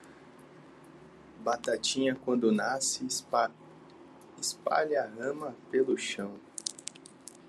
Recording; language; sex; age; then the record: short text; Brazilian Portuguese; male; 20 to 29 years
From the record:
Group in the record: control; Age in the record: 21 years